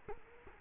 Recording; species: mosquito wingbeat signal from an infrared sensor; Culex quinquefasciatus